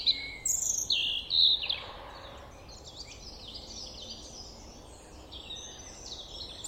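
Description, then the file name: European robin song: high, thin, varied warbling phrases, loudest in the first two seconds, then softer overlapping twitters. "Erithacus rubecula"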